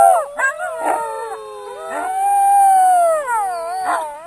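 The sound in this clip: Ethiopian wolf group howl, several drawn-out wavering tones overlapping, punctuated by short yips.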